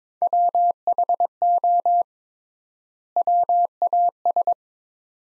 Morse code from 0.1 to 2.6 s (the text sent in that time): WHO